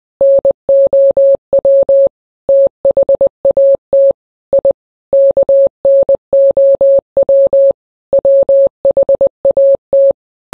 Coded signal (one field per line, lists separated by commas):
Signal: Morse code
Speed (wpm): 20 wpm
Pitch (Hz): 550 Hz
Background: none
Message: NOW THAT I KNOW WHAT